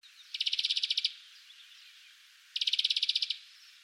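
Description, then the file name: European greenfinch trills, two rapid buzzy rattles of about a dozen pulses each, separated by a pause of about one and a half seconds. "Chloris chloris"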